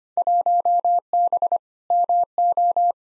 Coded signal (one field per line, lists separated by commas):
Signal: Morse code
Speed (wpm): 25 wpm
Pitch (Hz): 700 Hz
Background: none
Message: 1B MO